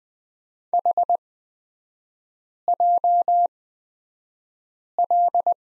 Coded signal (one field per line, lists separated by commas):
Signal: Morse code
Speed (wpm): 20 wpm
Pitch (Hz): 700 Hz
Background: none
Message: HJL